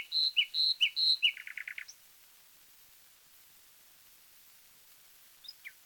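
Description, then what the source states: Common nightingale song: a few loud, liquid notes followed by a quick burst of rapid notes, then near silence with faint notes at the end. From a 1936 disc of wild bird songs, side A.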